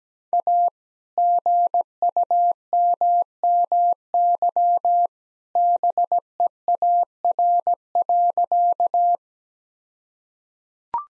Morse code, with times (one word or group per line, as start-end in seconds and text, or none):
0.3-0.7 A
1.2-5.1 GUMMY
5.6-9.2 BEAR.